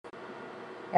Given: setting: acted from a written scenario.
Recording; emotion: vocal sound without words; pride